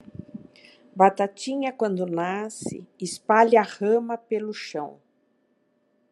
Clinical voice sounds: short text; Brazilian Portuguese; female; 60 to 69 years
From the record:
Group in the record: control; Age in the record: 61 years

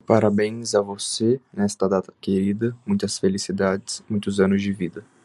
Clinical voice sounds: short text; Brazilian Portuguese; male; 20 to 29 years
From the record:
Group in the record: control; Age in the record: 21 years

